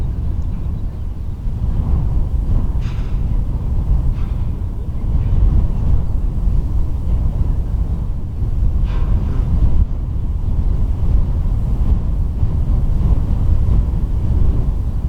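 Wind roars steadily around the lighthouse at Rubjerg Knude, a dense low rumble with brief brighter hissing gusts near three, four and nine seconds.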